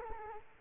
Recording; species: mosquito wingbeat signal from an infrared sensor; Culex quinquefasciatus